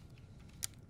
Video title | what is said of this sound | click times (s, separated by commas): Brief Look at The Red Camera | Look, there we go. Hear the click. | 0.6 s